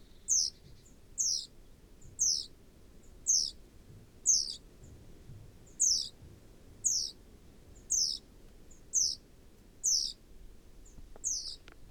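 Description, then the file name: Great tit calls: short, high, thin notes sliding steeply downward, repeated about once a second in an even series over a soft low background hiss. "Parus major"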